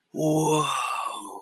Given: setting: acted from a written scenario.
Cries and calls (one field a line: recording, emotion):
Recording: vocal sound without words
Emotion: awe